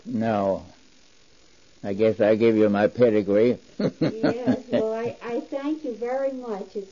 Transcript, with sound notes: No, I guess I gave you my pedigree. ( he laughs )
I thank you very much.